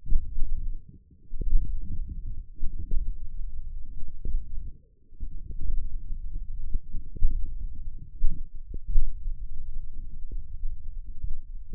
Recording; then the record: forearm muscle sounds (acoustic myography)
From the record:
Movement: tripod grip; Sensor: system 1, eight BSWA MPA416 microphones around the upper forearm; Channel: 8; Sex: male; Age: 20 years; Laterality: left